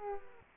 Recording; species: mosquito wingbeat signal from an infrared sensor; Aedes aegypti